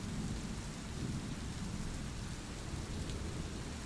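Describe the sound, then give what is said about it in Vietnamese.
Heavy rain pounds steadily on the roof of a house in a dense, unbroken roar, with a deep low rumble running underneath throughout. No voices are heard. “âm thanh quái dị cũng dần dần im bặt, rồi biến mất theo tiếng mưa ầm ầm dội vào mái nhà.”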